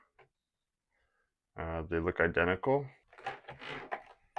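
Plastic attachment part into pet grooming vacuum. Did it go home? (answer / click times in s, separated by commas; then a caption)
no / none. One of two identical plastic attachment parts of a pet grooming vacuum kit is handled before being pushed into place; nothing has seated or clicked yet. A faint short knock sounds near the start, followed by quiet, then someone talks.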